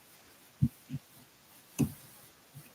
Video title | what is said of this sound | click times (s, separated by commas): 2056 Ways to Inspire 2025 - MK5n Module Unboxing, Initial Impressions, and Assembly | hear the satisfying click. Yeah, | 1.8 s